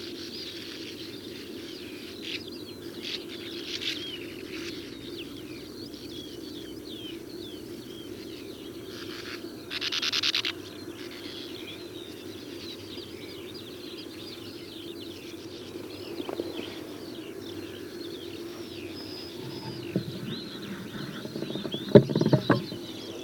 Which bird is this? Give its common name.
Sand Martin